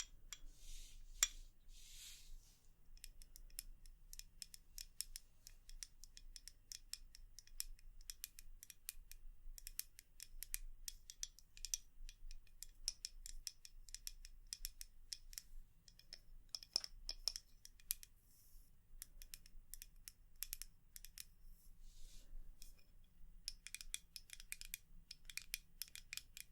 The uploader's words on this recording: ASMR 100% Tapping for EXTREME tingles & sleep (No Talking).